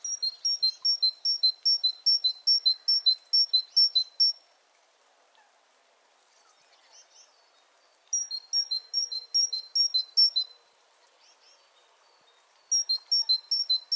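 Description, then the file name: Great tit singing a fast see-saw of high and lower notes, three long bursts of the repeated two-note phrase separated by quiet pauses. "Parus major"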